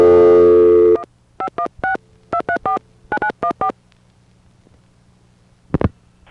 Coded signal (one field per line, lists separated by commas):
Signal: DTMF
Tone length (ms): 80 ms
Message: 1516 2349914